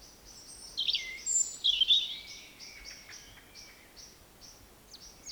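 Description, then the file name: European robin singing a brief high twittering phrase, followed by a run of faint, thin, evenly repeated notes. "Erithacus rubecula"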